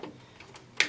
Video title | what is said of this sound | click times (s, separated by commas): Detailed Guide to Building a PC | there you go you might have even heard that click that time and you just hope | 0.8 s